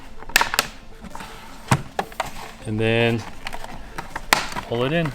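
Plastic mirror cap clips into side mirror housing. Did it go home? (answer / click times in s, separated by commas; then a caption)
no / none. A plastic mirror cap with a new sequential smoked turn signal is lined up on its bottom tabs and pushed toward the side mirror housing of a 4Runner while someone talks. Sharp handling taps and knocks are heard, with the loudest near 0.4 s and 4.3 s. The clip ends before the part goes home, so nothing has seated or clicked yet.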